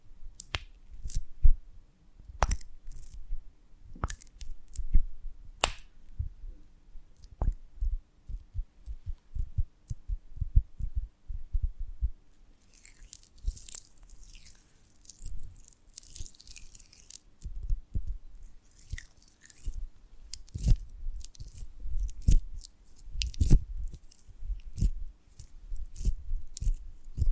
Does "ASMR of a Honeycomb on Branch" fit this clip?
yes